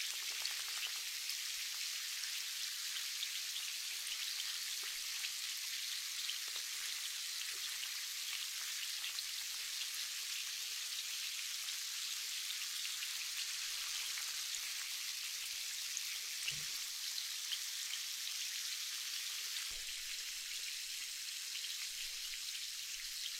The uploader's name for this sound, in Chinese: 气 泡 水